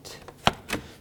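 The two bottom tabs of the plastic primary radiator fan shroud on a 1997-2001 Lexus ES300 slide into their slots in the lower mounts during an A/C condenser replacement. A faint tap at 0.3 s is followed by a sharp snap at 0.5 s and a softer thud at 0.7 s. The shroud tabs drop into place and the shroud is seated.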